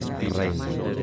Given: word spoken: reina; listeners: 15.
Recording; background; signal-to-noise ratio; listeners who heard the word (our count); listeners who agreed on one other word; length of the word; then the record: one Spanish word in noise, from a listening test; eight-talker babble; -0.1 dB; 1 of 15; 8 of 15; 0.63 s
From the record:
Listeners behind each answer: 8, 3, 1, 1, 1, 1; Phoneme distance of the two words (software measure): 10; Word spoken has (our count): 2 syllables, 5 phonemes, stress on syllable 1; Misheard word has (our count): 2 syllables, 5 phonemes, stress on syllable 1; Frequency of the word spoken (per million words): 66.55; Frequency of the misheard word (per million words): 53.04